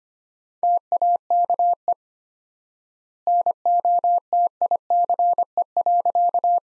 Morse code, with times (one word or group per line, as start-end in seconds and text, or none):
0.6-1.9 TAKE
3.3-6.6 NOTICE.